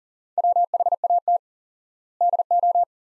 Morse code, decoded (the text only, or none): WHAT DO